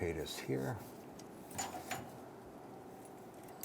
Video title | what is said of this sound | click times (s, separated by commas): How to Replace Fuel Pump Module Assembly 1994-2004 Ford Mustang | there we go we have our snap lock into place there | 3.6 s